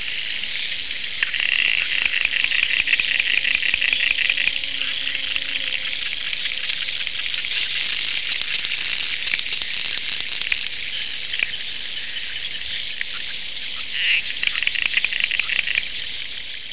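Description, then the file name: Ahl's river frog calls: rapid clicking pulse trains lasting a few seconds, heard twice, over a steady loud insect drone. "Phrynobatrachus latifrons"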